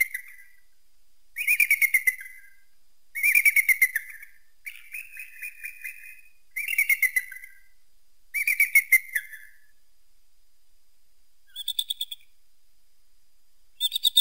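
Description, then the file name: Eagle delivering evenly spaced bursts of high, rapid piping chatter, ending with a couple of thinner, higher bursts. Eagle hunting prey. "tieng dai bang san moi"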